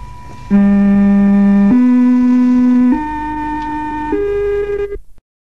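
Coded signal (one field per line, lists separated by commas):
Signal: numbers station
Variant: G08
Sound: four buzzy organ-like notes rising stepwise, each held about a second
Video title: Zahlensender/Number Station "G08" (4 Note Rising Scale) DDR/GDR (1972)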